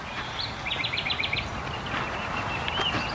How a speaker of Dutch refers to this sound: Ja, leuk. Leuk, hè? Heerlijk. Nachtegaal. Ja. Ja, en het leuke van de nachtegaal is, die kun je gewoon interviewen. Kun je gewoon een microfoon voorhouden, blijft gewoon zingen. Zeker als het donker is. Die vliegen gewoon helemaal niet weg.